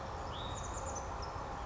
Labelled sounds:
Hutton's Vireo
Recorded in Sonoma County, California

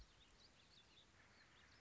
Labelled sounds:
Warbling Vireo
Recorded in Sonoma County, California

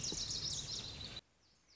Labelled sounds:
Lazuli Bunting
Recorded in Sonoma County, California

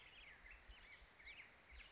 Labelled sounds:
Black-headed Grosbeak
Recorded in Sonoma County, California

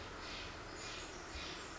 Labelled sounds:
Steller's Jay
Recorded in Sonoma County, California

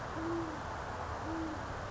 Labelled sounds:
Great Horned Owl
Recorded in Sonoma County, California

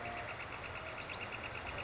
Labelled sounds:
Northern Flicker
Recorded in Sonoma County, California

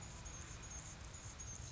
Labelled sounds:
Anna's Hummingbird
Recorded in Sonoma County, California

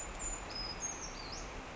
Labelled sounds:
Brown Creeper
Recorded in Sonoma County, California

